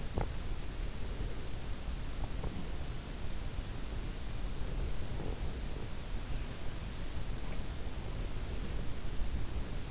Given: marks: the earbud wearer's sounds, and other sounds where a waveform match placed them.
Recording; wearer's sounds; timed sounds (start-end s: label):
sounds in sleep by an in-ear microphone; teeth grinding
0.00-0.36 s: teeth grinding
2.10-2.72 s: teeth grinding